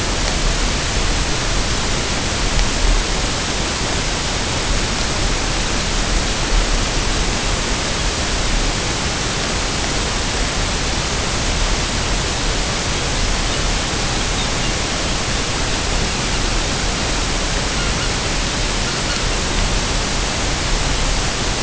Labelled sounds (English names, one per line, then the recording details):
Lapland Longspur
unidentified sound
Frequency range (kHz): Lapland Longspur 2.4-4.5 kHz
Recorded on Arctic tundra, site UTQI-5, on 21 June 2018
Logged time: 14:00